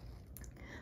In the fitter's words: like to pull it through till it clicks and then push it with my fingers,